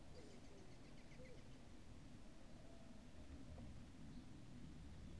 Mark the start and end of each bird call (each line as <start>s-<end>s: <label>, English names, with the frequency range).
0.12s-0.74s: Eurasian Collared Dove (0.3-0.6 kHz)
0.14s-1.43s: Common Blackbird (1.9-7.1 kHz)
1.17s-1.36s: Eurasian Collared Dove (0.4-0.6 kHz)